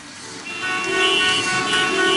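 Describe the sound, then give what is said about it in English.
Several car horns blare over steady traffic noise, their sustained, overlapping tones holding loud and continuous for the whole stretch with no voices. “Why be stuck in traffic when you could be outdoors?”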